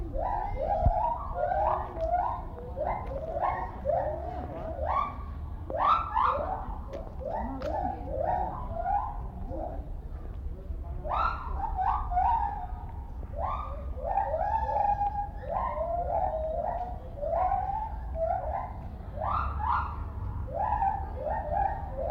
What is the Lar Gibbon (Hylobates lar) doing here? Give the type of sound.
call